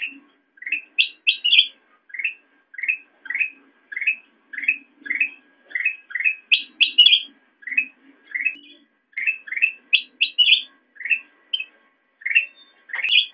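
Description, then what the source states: Sooty-headed bulbul calls: steady run of short rising chirps, interspersed with higher bright notes. Used for training songbirds (masteran).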